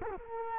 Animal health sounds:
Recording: mosquito wingbeat signal from an infrared sensor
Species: Culex quinquefasciatus

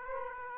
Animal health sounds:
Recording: mosquito wingbeat signal from an infrared sensor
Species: Aedes aegypti

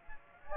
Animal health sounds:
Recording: mosquito wingbeat signal from an infrared sensor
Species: Aedes aegypti

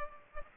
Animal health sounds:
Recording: mosquito wingbeat signal from an infrared sensor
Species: Culex pipiens

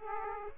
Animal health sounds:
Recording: mosquito wingbeat signal from an infrared sensor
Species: Aedes aegypti

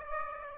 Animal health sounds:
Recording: mosquito wingbeat signal from an infrared sensor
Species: Aedes aegypti

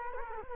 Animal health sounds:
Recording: mosquito wingbeat signal from an infrared sensor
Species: Culex quinquefasciatus

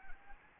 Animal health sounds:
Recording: mosquito wingbeat signal from an infrared sensor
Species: Anopheles gambiae

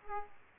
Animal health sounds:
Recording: mosquito wingbeat signal from an infrared sensor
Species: Aedes aegypti

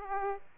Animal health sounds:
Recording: mosquito wingbeat signal from an infrared sensor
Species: Aedes aegypti

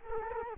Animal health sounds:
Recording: mosquito wingbeat signal from an infrared sensor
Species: Culex quinquefasciatus

